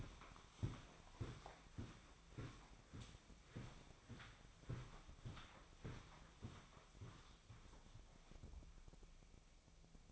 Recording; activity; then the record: daily activity, microphone in the room; walk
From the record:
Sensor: 1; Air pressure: 1009.3 hPa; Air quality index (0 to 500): 184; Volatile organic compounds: 4 ppm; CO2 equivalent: 1554 ppm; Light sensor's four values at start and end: 52/141/57/70 and 53/141/58/71